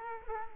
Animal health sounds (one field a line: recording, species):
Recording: mosquito wingbeat signal from an infrared sensor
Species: Culex quinquefasciatus